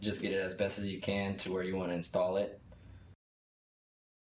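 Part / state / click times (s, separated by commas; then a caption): tube plug on an installation tool being aligned with a tube / not seated / none. Someone talks while a tube plug on an installation tool is held parallel to the tube and lined up at the install spot, ready to be triggered. There is only quiet handling, with a faint brief tap near 2.7 s before silence from about 3.1 s. Nothing has snapped yet.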